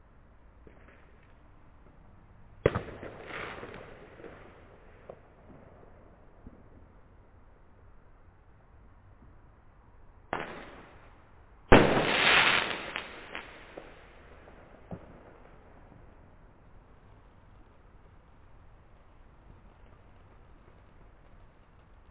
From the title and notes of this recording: This was Tübingen last new years eve: an impressively loud fireworks display all up and down the valley.